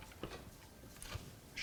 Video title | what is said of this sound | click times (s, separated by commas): The Ultimate $3,000 AMD Gaming PC Build! 3950x, 64GB G.SKILL Z Royal RAM, EVGA RTX 2080 Black | that it's lined up I can push it down and you should hear it click as the mechanism locks it | 1.0 s